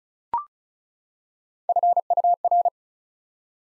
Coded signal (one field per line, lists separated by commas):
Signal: Morse code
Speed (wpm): 36 wpm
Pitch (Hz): 700 Hz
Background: none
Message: FUR